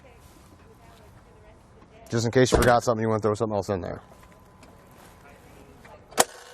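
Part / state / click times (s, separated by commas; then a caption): hitch bike rack mast pivot latch / seated / 6.2 s. On a Yakima RidgeBack hitch bike rack for 5 bikes, fitted to a 2018 Toyota C-HR, the tilted mast is raised back to its upright carry position. Someone talks briefly, then the mast's pivot latch snaps into place with a sharp click at 6.2 s. The audible snap signals the rack is locked and secure.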